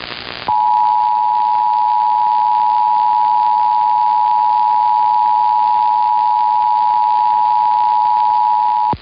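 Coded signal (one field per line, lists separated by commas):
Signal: Emergency Alert System (SAME) tones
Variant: 853 and 960 Hz attention tone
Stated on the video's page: Several EAS tests received.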